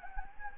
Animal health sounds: mosquito wingbeat signal from an infrared sensor; Anopheles gambiae

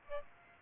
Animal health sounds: mosquito wingbeat signal from an infrared sensor; Aedes aegypti

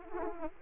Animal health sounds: mosquito wingbeat signal from an infrared sensor; Aedes aegypti

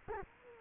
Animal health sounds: mosquito wingbeat signal from an infrared sensor; Culex quinquefasciatus

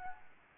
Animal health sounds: mosquito wingbeat signal from an infrared sensor; Anopheles arabiensis

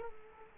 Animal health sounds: mosquito wingbeat signal from an infrared sensor; Culex quinquefasciatus

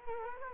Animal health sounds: mosquito wingbeat signal from an infrared sensor; Culex quinquefasciatus

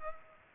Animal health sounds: mosquito wingbeat signal from an infrared sensor; Culex pipiens

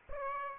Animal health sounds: mosquito wingbeat signal from an infrared sensor; Aedes aegypti

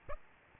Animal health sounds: mosquito wingbeat signal from an infrared sensor; Aedes aegypti

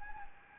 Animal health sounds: mosquito wingbeat signal from an infrared sensor; Anopheles gambiae

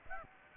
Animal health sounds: mosquito wingbeat signal from an infrared sensor; Aedes aegypti

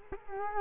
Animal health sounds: mosquito wingbeat signal from an infrared sensor; Culex quinquefasciatus

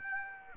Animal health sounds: mosquito wingbeat signal from an infrared sensor; Aedes aegypti

